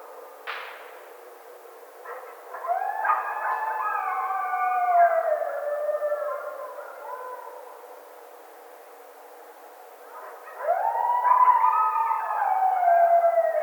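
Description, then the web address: Coyote chorus in two bursts: wavering, sliding howls build and then fade, and after a pause a second loud round of howls begins. Howling recorded on 1 February 2010. "Coyote 2010 02 01 10 howl"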